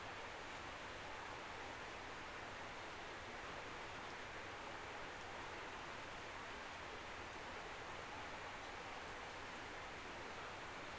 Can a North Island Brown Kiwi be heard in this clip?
no